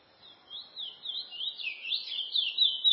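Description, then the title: Chestnut-bellied seed finch song: a rolling, warbling phrase of high sweeping notes that builds in loudness, with little background sound. "Canto De Curio"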